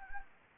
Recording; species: mosquito wingbeat signal from an infrared sensor; Anopheles arabiensis